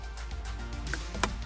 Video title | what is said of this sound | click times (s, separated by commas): How to Install A Carbon Fiber Wheel & Airbag Cover On A Volkswagen Golf/GTI/R (MK7 - MK7.5) | center of the wheel and remember listen for two clicks | 0.9 s, 1.2 s